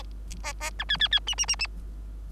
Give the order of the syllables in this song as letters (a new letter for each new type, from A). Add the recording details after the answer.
A A B C C C D D D D. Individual Bird3